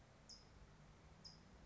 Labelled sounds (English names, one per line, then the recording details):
California Towhee
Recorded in Sonoma County, California